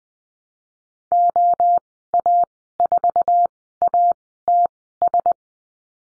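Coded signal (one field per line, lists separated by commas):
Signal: Morse code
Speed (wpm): 20 wpm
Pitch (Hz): 700 Hz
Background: none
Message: OA4ATS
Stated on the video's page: Morse code course lesson on call signs and the number 5, Farnsworth speed 20/10 wpm.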